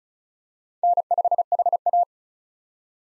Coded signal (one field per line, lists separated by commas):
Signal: Morse code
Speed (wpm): 36 wpm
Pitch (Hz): 700 Hz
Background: none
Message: N5HA